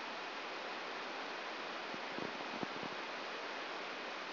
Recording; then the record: brain microelectrode recording played as sound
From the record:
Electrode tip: inside the subthalamic nucleus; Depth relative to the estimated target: 3 mm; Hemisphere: right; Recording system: AlphaMap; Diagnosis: Parkinson's disease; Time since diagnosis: 10 years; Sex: female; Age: 63 years